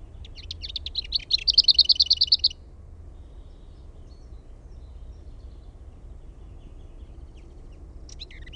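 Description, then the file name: Lesser whitethroat singing once: short scratchy warble then a quick monotone rattle, followed by several seconds of quiet with a faint note near the end. "HERNEKERTTU"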